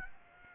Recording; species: mosquito wingbeat signal from an infrared sensor; Aedes aegypti